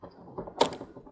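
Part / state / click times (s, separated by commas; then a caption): caster wheel into makeup trolley case base / not seated / none. A removable caster wheel is handled against the base of a large SONGMICS professional makeup trolley case with two drawers, where two small red pins must go into holes before the wheel is pressed on one side and snapped in. Soft plastic handling noises are heard, with a brief sharp knock at about 0.6 s. Nothing has seated or clicked in yet.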